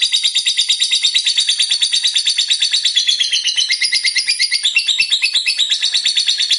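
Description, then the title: Lovebird song: dense, fast chattering trill of high notes, steady and unbroken, with harsh buzzy texture across the whole stretch. Fighter lovebird described as gacor, meaning singing energetically. "Berkat SUARA Lovebird FIGHTER GACOR Ini"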